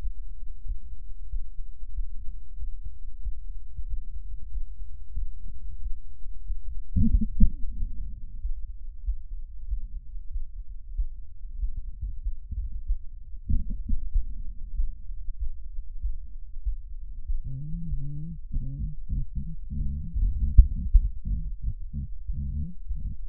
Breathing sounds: lung sounds by stethoscope; left anterior apical chest; quiet breathing, then cough and speech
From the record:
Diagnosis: interstitial lung disease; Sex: female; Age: 68 years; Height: 152 cm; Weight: 76 kg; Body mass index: 32.9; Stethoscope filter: bell mode

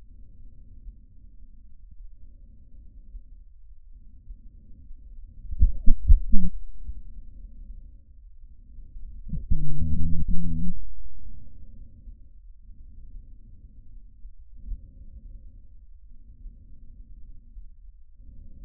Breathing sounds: lung sounds by stethoscope; trachea; quiet breathing, then cough and speech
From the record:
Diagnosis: asthma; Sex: female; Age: 72 years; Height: 160 cm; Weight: 63.4 kg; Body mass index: 24.8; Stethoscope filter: bell mode

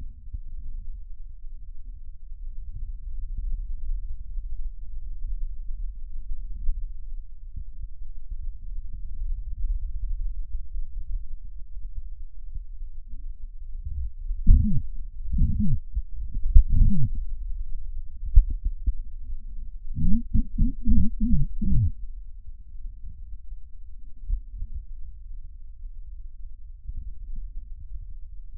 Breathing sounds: lung sounds by stethoscope; right posterior apical chest; quiet breathing, then cough and speech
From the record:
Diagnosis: COPD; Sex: male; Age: 70 years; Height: 170 cm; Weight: 74 kg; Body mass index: 25.6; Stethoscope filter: bell mode

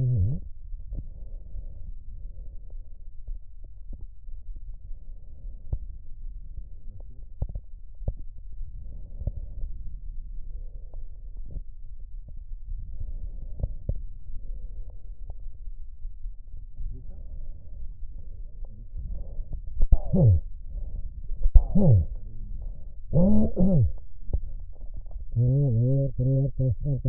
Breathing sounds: lung sounds by stethoscope; right posterior apical chest; quiet breathing, then cough and speech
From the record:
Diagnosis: pulmonary infection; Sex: male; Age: 54 years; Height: 187 cm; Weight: 95 kg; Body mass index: 27.2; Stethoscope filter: extended mode

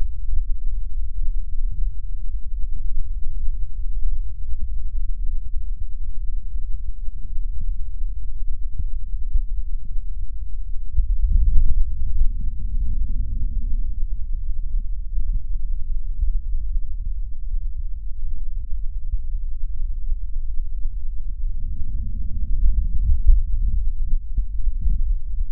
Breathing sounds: lung sounds by stethoscope; left posterior basal chest; quiet breathing, then deep breathing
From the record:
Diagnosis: none (healthy); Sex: male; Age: 35 years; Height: 186 cm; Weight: 108 kg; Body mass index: 31.2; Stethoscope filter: bell mode

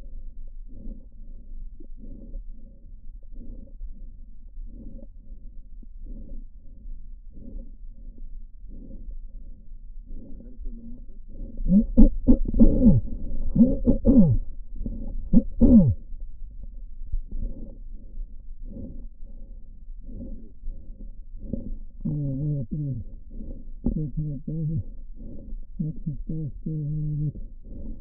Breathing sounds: lung sounds by stethoscope; trachea; quiet breathing, then cough and speech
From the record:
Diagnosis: interstitial lung disease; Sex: male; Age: 72 years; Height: 167 cm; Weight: 74 kg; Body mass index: 26.5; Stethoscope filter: diaphragm mode

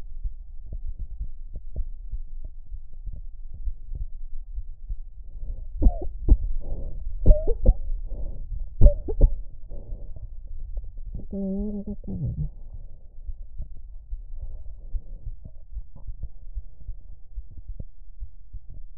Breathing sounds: lung sounds by stethoscope; right anterior apical chest; quiet breathing, then cough and speech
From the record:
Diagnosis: interstitial lung disease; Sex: female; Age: 60 years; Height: 154 cm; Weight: 68.1 kg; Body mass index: 28.7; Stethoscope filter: extended mode

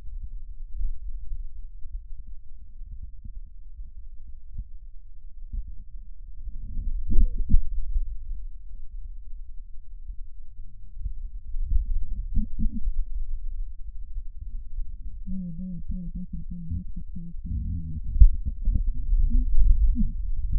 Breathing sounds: lung sounds by stethoscope; right posterior basal chest; quiet breathing, then cough and speech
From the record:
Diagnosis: interstitial lung disease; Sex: female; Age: 70 years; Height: 160 cm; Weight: 93 kg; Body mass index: 36.3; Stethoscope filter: bell mode

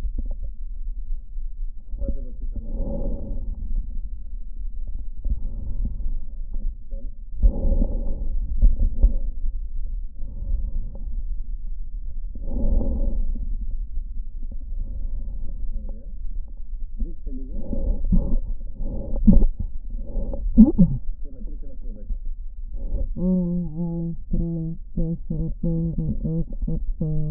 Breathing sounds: lung sounds by stethoscope; right posterior basal chest; quiet breathing, then cough and speech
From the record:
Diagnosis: interstitial lung disease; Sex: female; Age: 72 years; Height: 158 cm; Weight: 69 kg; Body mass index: 27.6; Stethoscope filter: diaphragm mode

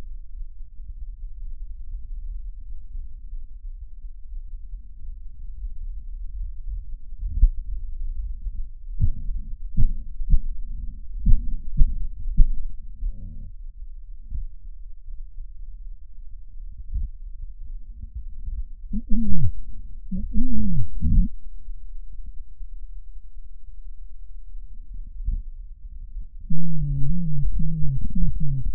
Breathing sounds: lung sounds by stethoscope; right posterior apical chest; quiet breathing, then cough and speech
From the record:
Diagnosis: COPD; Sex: male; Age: 75 years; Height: 182 cm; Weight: 98 kg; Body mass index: 29.6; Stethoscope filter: bell mode

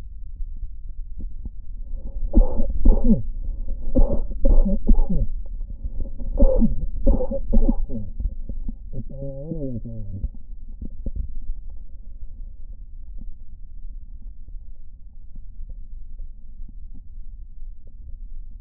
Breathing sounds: lung sounds by stethoscope; right posterior basal chest; quiet breathing, then cough and speech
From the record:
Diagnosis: COPD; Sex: male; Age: 78 years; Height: 162 cm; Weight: 66.4 kg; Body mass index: 25.3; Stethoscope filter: diaphragm mode

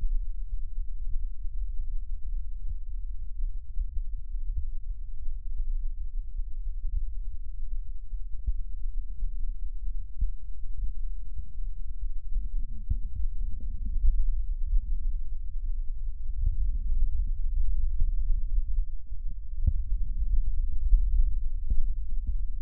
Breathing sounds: lung sounds by stethoscope; right posterior apical chest; quiet breathing, then deep breathing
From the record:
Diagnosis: COPD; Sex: female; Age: 68 years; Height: 150 cm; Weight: 70 kg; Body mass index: 31.1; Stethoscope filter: bell mode

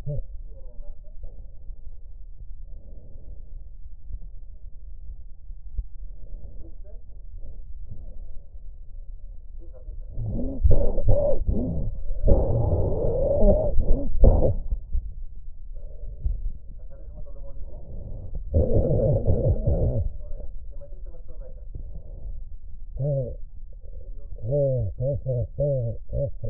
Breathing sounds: lung sounds by stethoscope; left anterior apical chest; quiet breathing, then cough and speech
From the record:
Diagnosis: pulmonary infection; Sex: male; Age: 74 years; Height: 171 cm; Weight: 80 kg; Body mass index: 27.4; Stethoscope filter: extended mode

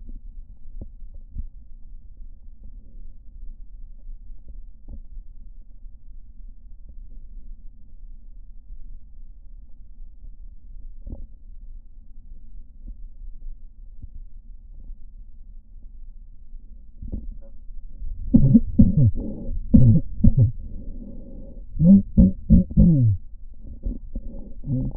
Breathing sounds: lung sounds by stethoscope; right posterior basal chest; quiet breathing, then cough and speech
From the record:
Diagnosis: none (healthy); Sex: male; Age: 30 years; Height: 190 cm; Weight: 88 kg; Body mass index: 24.4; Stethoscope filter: diaphragm mode

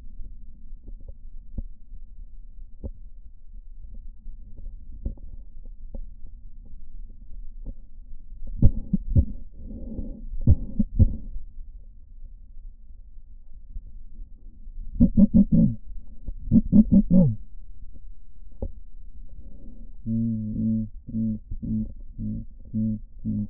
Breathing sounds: lung sounds by stethoscope; right posterior apical chest; quiet breathing, then cough and speech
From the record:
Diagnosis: none (healthy); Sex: male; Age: 23 years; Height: 185 cm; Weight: 93 kg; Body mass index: 27.2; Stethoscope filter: diaphragm mode

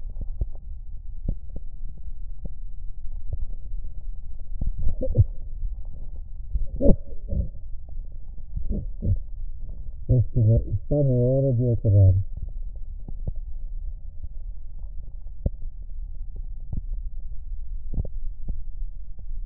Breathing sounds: lung sounds by stethoscope; left posterior basal chest; quiet breathing, then cough and speech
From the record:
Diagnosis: COPD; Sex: male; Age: 85 years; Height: 183 cm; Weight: 88 kg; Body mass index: 26.3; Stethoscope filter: extended mode

